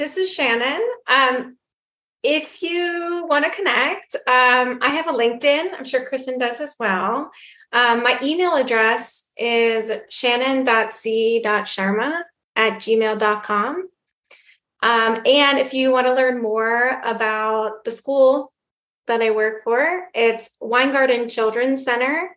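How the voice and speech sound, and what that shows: One adult woman speaks fluently with clear articulation, a natural mid pitch and short pauses.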